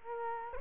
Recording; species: mosquito wingbeat signal from an infrared sensor; Culex quinquefasciatus